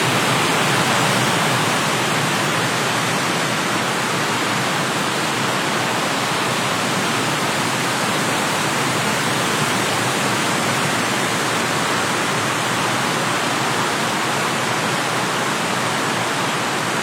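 Autumn wind blows as a steady, dense rushing hiss that barely changes across the whole stretch. It fills the middle and upper range, with almost no deep rumble beneath and no separate gusts, voices or other sounds standing out.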